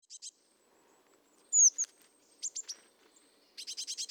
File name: Cyanistes caeruleus